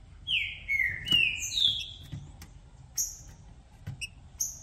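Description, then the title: Green-winged saltator song: a phrase of loud downslurred whistles followed by scattered high thin notes over low background noise. Recording played to warm up a contest bird so it calls, sings and acts male-aggressive; the recorded bird is called brave, switching between several song types, best for opening the song. "Trinca Ferro VALENTE! VIRANDO VARIOS TIPOS DE CANTOS!! Melhor para ABRIR O CANTO!!"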